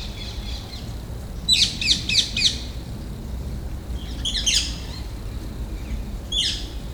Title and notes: Insectes (grillons?) puis des perruches qui se chamaillent en fin d'après-midi au jardin d'agronomie tropicale de Paris.